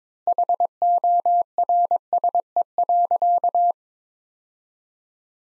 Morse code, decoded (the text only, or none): HORSE.